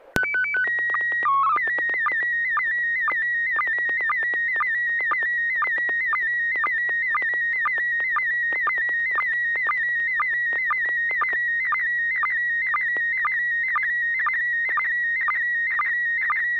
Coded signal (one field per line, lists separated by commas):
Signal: SSTV (slow-scan television)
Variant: PD 120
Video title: N6NA SSTV Net - 04/03/2024